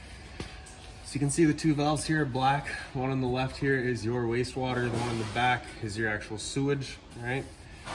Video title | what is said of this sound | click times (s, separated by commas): 2014 Crossroads Sunset Trail | we're just going to press it on and turn it until it clicks into place so | 0.4 s